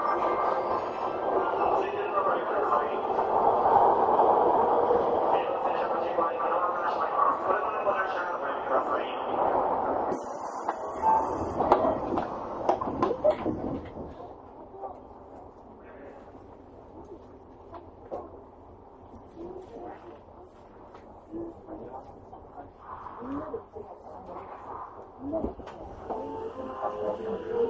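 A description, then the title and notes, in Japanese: A Tokyo Metro 7000 series train roars with a dense, steady hum for about fourteen seconds, then quiets to a softer rumble with scattered clicks. 東京メトロ7000系 新木場〜練馬。車体は20m両開き4扉のアルミニウム合金製。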